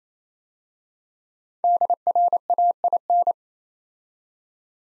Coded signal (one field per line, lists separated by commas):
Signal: Morse code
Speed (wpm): 29 wpm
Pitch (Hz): 700 Hz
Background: none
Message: DRAIN